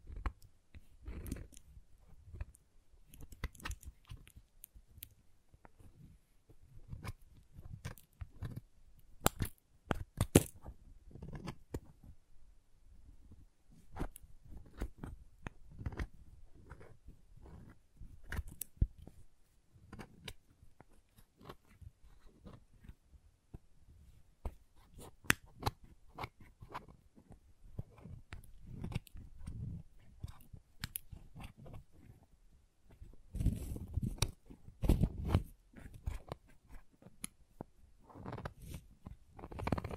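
Crayons tap, carve and scrape in a busy run of short, dry clicks and scratches, some sharp and bright, others low and soft. The sounds come irregularly but constantly, with louder snaps around ten and twenty-five seconds and a dense scratchy patch near thirty-five.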